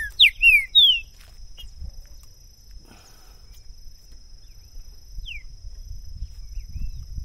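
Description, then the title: Green-winged saltator song: a short run of bright slurred whistles at the start, then a lone whistled note later, over a faint steady hum and low background rumble. Two captive birds taken into the woods, 2022; calling, singing and acting territorially as males in a contest; recording used to warm up and open a bird's song for singing competition. "Esse É PERFEITO Para ESQUENTAR Seu TRINCA Piando, Cantando E Macheando Na DISPUTA. LEVEI 2 TRINCA FERRO NO MATO!! PERFEITO PARA ABRIR O CANTO DO TRINCA FERRO!! 2022!"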